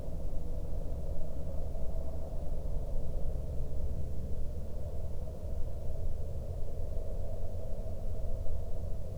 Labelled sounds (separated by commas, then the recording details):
aircraft
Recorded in the Prudhoe Bay oil fields, Alaska, on 8 August 2019 at 07:42
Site 13